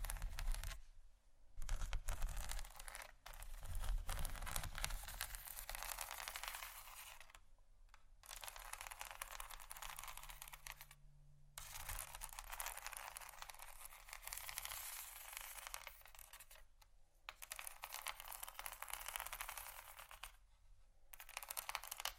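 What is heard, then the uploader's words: Scratching over bumpy items makes a dense, rasping clatter of rapid ticks, steady for long stretches and broken by brief pauses near 2, 8, 11 and 17 seconds. ASMR Scratching Bumpy Items No Talking Rode Mics.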